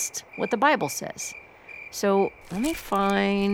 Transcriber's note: pages rustling